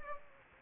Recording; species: mosquito wingbeat signal from an infrared sensor; Anopheles gambiae